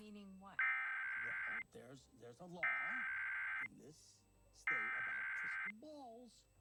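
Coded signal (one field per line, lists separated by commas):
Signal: Emergency Alert System (SAME) tones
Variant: header bursts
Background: speech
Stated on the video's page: Nationwide EAS test received via DirecTV satellite TV, with three alert tones.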